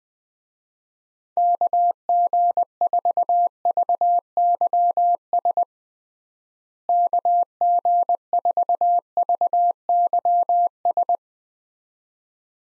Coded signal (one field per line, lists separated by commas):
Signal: Morse code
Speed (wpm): 20 wpm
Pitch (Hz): 700 Hz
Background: none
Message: KG4VYS KG4VYS